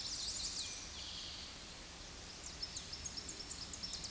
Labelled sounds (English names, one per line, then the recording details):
Tennessee Warbler song
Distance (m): 65 m
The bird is about 15 m above the microphone
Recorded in a Pennsylvania forest on 16 May 2024 at 07:45
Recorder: AudioMoth, point MSD-2234
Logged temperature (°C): 16.4 °C
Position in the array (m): 80 m, 72 m